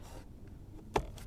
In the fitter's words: that click all right if you listen over time that click gets less and